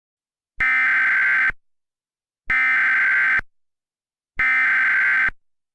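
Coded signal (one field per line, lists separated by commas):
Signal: Emergency Alert System (SAME) tones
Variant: header bursts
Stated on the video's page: Mock EAS scenario, not a real alert.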